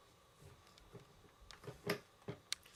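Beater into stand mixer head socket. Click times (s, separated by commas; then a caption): 2.5 s. A metal beater is loaded by left hand into the socket of a stand mixer head. Soft handling taps and a duller knock around 1.9 seconds lead up to a sharp, bright click at 2.5 seconds as the beater latches into place and is seated.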